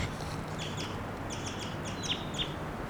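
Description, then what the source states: Crossbill calls: a series of short sharp chips in quick bursts over low background noise. Wild crossbill present at the site for some time, recorded at 9:32 a.m.; two birds, apparently a pair.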